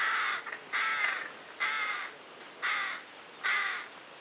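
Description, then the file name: Carrion crow giving five hoarse caws separated by short pauses. "Corvus corone"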